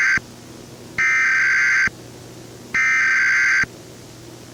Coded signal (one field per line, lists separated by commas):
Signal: Emergency Alert System (SAME) tones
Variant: header bursts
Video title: EAS Scenario - It's In the Airwaves